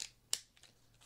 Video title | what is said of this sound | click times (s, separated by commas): Building My Next Compact AR Setup (PWS MK111 Mod 1-M) | pops right in | 0.3 s